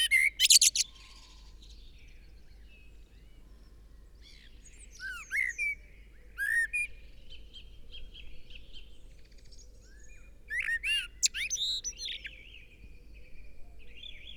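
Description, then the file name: Common blackbird giving short fluted phrases with sharp, high squeaky flourishes, spaced several seconds apart, with softer warbling between them and a faint steady hum. "Turdus merula"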